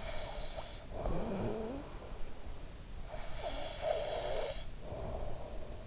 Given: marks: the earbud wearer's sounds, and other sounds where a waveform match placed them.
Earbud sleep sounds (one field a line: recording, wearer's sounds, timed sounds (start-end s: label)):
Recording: sounds in sleep by an in-ear microphone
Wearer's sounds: snoring breath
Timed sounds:
0.09-2.21 s: snoring breath
3.01-5.86 s: snoring breath